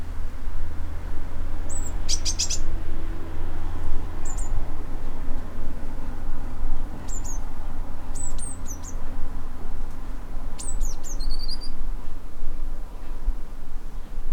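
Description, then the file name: Eurasian blue tit calls: scattered thin, very high notes, some short bursts and paired slurred notes, spread throughout over a steady low rumble. "Cyanistes caeruleus"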